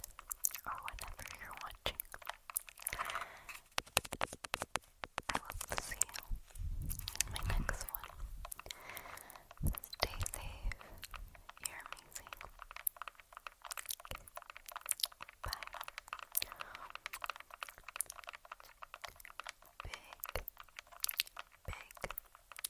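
Tingly tk-tk mouth sounds and long-nail tapping come as dense, irregular clicks and crackles, with a low rumbling burst around seven seconds.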